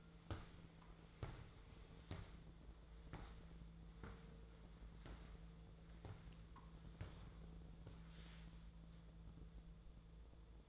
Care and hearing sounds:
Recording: daily activity, microphone in the room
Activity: walk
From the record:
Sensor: 3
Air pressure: 1005.4 hPa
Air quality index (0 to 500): 94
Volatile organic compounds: 3 ppm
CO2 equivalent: 1472 ppm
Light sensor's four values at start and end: 10/24/10/9 and 10/22/9/9

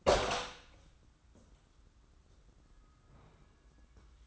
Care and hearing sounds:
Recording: daily activity, microphone in the room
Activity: open door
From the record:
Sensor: 3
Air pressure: 994.3 hPa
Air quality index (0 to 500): 206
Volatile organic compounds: 1000 ppm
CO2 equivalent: 6913 ppm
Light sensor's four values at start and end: 150/361/151/149 and 151/362/151/149

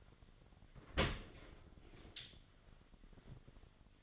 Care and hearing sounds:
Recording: daily activity, microphone in the room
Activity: open dishwasher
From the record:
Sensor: 4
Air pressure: 1007.5 hPa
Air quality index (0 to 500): 201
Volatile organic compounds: 7 ppm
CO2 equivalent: 2008 ppm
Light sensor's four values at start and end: 22/71/27/26 and 23/71/27/26

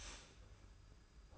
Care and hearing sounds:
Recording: daily activity, microphone in the room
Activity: start toaster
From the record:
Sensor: 2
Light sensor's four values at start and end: 32/98/38/36 and 32/98/38/36

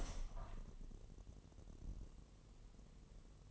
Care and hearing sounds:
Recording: daily activity, microphone in the room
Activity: open window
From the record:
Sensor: 4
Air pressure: 1001.1 hPa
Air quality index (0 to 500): 244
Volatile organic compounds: 42 ppm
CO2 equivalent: 3180 ppm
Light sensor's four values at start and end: 9/20/8/7 and 9/20/8/7

